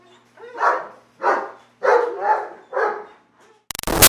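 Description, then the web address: German Shepherd barking five times in a steady run, then a short crackling burst of noise cuts in at the end. Dogs barking in a kennel. "Big Room Sound Dogs German Shepherd Kennel Barking"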